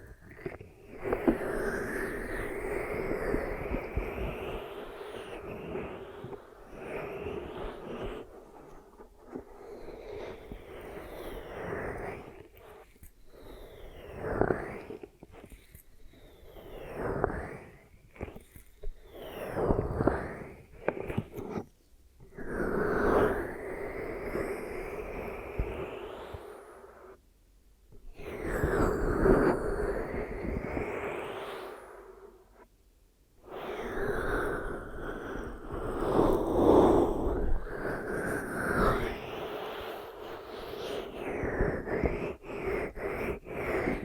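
Glue ear massage and cleaning, heard as rubbing and swishing strokes that swell and fade in bursts every second or two. A steady low hum runs underneath, and the rubbing stops briefly around 22 and 34 seconds before resuming.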